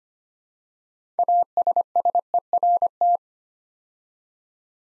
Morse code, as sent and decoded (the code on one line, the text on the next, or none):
.- ... ... . .-. -
ASSERT